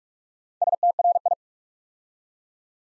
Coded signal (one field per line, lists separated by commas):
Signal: Morse code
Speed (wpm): 44 wpm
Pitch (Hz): 700 Hz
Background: none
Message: STRI